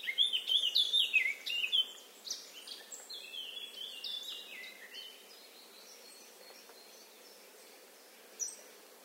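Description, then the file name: Eurasian blackcap giving a loud, fluty warbled phrase at the start, trailing into softer scattered notes, then near silence and one last brief chirp. "Sylvia atricapilla"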